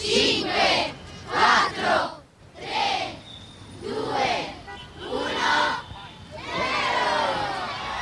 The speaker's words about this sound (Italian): Allora, questi sono i bambini che assistono all'accensione dell'albero di Natale a Roma.